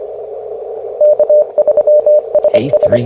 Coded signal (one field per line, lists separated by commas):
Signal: Morse code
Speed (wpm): 21 wpm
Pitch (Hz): 600 Hz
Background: speech, radio noise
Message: K3SS